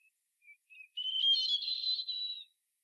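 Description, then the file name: European robin singing a few soft lead-in notes followed by a high, rippling, silvery warble lasting over a second, with no other sounds. "Erithacus rubecula"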